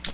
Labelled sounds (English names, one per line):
Ovenbird flight call